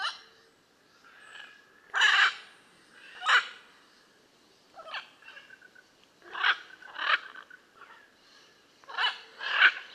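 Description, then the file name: Blue-and-yellow macaw calling with harsh, grating squawks at irregular intervals, some doubled, alongside fainter rasping notes in between. "Blue and yellow Macaw Ara ararauna"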